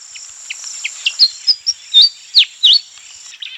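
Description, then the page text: Pied fantail song, a run of several sharp whistled notes rising and falling in quick succession, over a thin, steady high insect-like hum. "Pied Fantail Song. Quick Sounds library"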